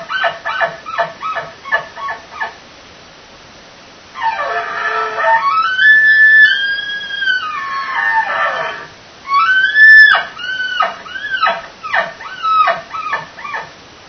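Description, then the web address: Elk bugle: a long whistled call that rises high and then falls over several seconds, with series of short harsh notes before and after. Bull. "bowsite. elkcontest elk 2001 soundfiles bull"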